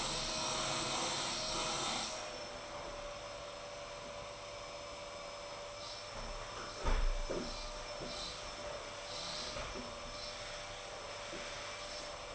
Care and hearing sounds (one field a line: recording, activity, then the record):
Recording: daily activity, microphone in the room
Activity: vacuum cleaning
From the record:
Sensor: 5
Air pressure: 988.8 hPa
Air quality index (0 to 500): 236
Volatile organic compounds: 200 ppm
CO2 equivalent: 4213 ppm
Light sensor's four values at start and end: 40/124/48/51 and 40/125/48/51